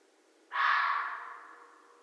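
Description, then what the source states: Red fox uttering one rough, hoarse bark that begins suddenly and slowly weakens, quiet surroundings. Recorded 13 January 2012.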